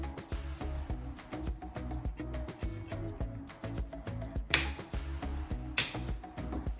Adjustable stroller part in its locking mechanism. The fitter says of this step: that's how it locks in place